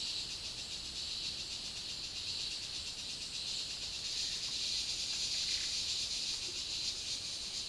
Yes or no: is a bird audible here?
no